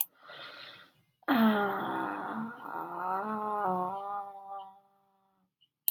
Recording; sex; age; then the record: vowel held as long as possible; female; 20 to 29 years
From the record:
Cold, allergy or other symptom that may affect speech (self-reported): no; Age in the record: 25 years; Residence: Georgia, United States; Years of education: 13